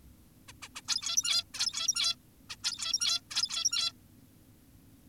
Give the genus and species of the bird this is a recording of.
Taeniopygia guttata